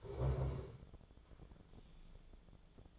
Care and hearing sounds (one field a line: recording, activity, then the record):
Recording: daily activity, microphone in the room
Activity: stand up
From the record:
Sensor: 5